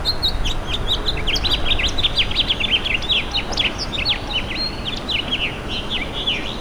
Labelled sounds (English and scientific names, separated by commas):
House Finch (Haemorhous mexicanus) song